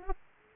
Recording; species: mosquito wingbeat signal from an infrared sensor; Aedes aegypti